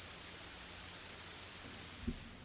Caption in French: Depuis le concert, j'entends des sifflements dans mes oreilles. C'est souvent, surtout la nuit, j'arrive pas du tout à dormir. C'est juste des acouphènes. Tu avais mis des bouchons d'oreilles ? Non.